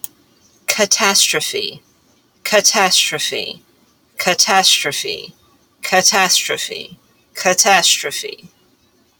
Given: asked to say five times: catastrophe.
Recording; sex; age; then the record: repeated word; female; 40 to 49 years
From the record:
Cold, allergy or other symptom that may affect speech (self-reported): no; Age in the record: 48 years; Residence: New Jersey, United States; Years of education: 16